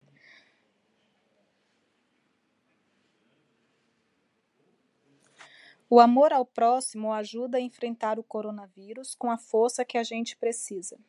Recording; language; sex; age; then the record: spoken sentence; Brazilian Portuguese; female; 40 to 49 years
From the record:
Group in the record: control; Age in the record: 42 years